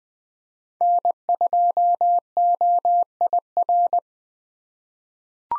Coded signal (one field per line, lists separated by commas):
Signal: Morse code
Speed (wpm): 20 wpm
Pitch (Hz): 700 Hz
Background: none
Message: N2OIR